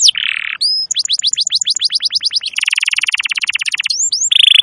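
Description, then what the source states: Canary song with a quick run of tours: a buzzy low trill, a string of rapid upswept notes, then a long dense rattling trill and a final buzzy phrase. Used as a lure recording for birds.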